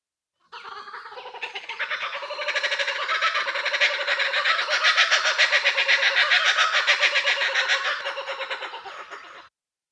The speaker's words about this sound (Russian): Линар включает видео и невольно вздрагивает, слыша крик кукабары.